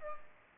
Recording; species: mosquito wingbeat signal from an infrared sensor; Culex pipiens